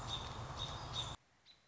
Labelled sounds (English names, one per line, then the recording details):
American Robin
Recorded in Sonoma County, California